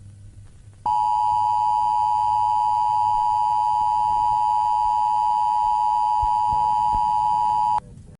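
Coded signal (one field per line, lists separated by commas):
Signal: Emergency Alert System (SAME) tones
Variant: 853 and 960 Hz attention tone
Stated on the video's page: Fictional entertainment EAS scenario, not a real alert.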